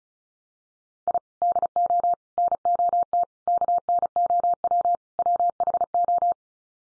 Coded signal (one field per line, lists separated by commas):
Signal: Morse code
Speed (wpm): 34 wpm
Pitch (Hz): 700 Hz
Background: none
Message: I DO NOT KNOW WHO